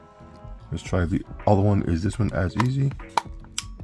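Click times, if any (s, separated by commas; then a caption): 3.2 s, 3.6 s. Someone talks while the second detachable controller is slid onto the plastic side rail of a handheld gaming console. Two sharp, loud clicks are heard at 3.2 s and 3.6 s as the controller seats on the handheld.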